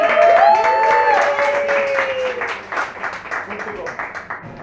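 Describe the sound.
An audience breaks into steady applause, dense clapping with whoops and cheering voices at the start, the clapping gradually thinning and softening toward the end.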